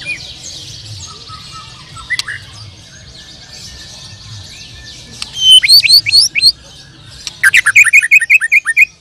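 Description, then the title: Bird song: after several quiet seconds of faint high twittering, two bursts of rapid, sharp, high chirping notes in quick succession. "Kicau Burung"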